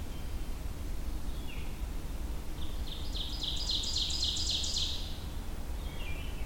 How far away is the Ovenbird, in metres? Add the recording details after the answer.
about 50 m. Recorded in boreal forest in Alberta, Canada, on 23 June 2016 at 06:48. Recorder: SongMeter 3, array SBT-6-76. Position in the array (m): 21 m, 87 m. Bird 2